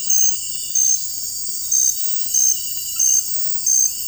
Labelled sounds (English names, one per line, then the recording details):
none
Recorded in dense forest near Puerto Asís, Putumayo, Colombia, on 21 February 2024 at 04:00
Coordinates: 0.484, -76.317
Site G6464